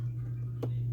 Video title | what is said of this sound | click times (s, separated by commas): seiko skx mod | and you'll hear a nice positive click when it's in place. | 0.6 s